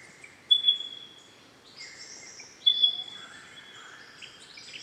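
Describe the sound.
Pardalote giving sharp high notes about two seconds apart, with overlapping chirps and trills from other birds behind.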